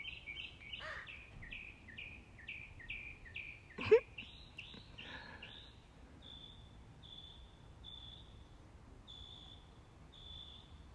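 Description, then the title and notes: Birds singing: a quick run of falling chirps, a sharp click, then long steady high whistles repeated at an even pace. Birds singing in the morning. "birds 🐦 singing. Good Morning"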